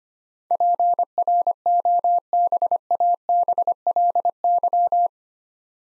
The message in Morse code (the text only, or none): PROBABLY